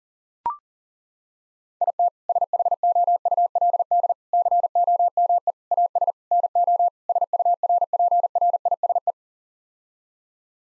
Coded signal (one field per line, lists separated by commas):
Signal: Morse code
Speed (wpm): 40 wpm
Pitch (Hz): 700 Hz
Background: none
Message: IT SHOULD COME AS NO SURPRISE